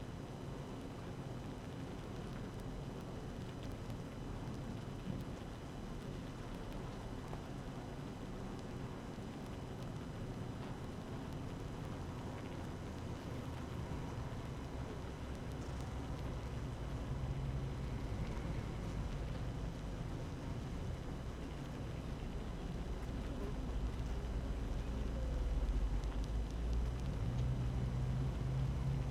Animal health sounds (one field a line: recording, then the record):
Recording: honeybee colony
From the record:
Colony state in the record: active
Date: 12 June 2018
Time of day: 7:44